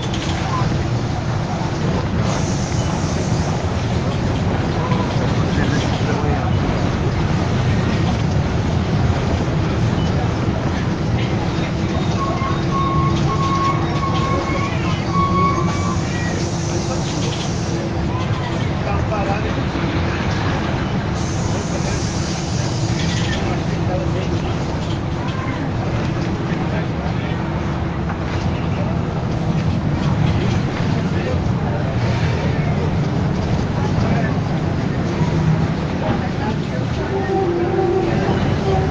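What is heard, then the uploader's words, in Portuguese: Riding a city bus, with a steady, dense engine drone and road rumble filling the low end throughout. A faint engine whine holds underneath, a brief higher squeal rises around the middle, and muffled voices come and go in the background. Volta de ônibus por Pelotas.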